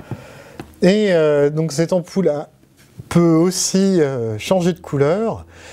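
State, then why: Seated. A small plastic compartment holding an essential-oil sponge is pushed back into the top of a smart LED bulb and seats with a single short click at 0.6 s. Someone talks through the rest of the clip.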